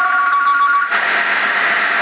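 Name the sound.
telephone ringing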